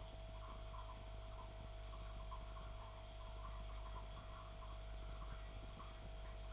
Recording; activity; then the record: daily activity, microphone in the room; make coffee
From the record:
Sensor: 5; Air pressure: 1009.5 hPa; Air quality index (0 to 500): 169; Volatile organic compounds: 4 ppm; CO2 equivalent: 1637 ppm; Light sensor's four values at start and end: 93/246/100/106 and 93/246/100/106